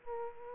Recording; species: mosquito wingbeat signal from an infrared sensor; Aedes aegypti